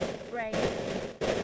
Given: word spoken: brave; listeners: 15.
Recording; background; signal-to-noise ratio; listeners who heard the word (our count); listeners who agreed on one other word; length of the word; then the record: one English word in noise, from a listening test; noise modulated by three-talker babble; -7.0 dB; 3 of 15; 9 of 15; 1.03 s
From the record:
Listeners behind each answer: 9, 3, 1, 1, 1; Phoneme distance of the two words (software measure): 10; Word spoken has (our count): 1 syllable, 4 phonemes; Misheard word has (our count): 1 syllable, 4 phonemes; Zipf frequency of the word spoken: 4.64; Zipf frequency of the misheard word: 4.84